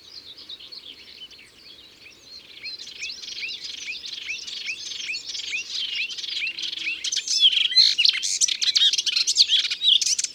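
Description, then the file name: Melodious warbler song starting as a soft run of repeated falling slurred notes, building to a loud, dense jumble of chattering phrases. Recorded in Ardèche. "Hypolais-Polyglotte Ardeche"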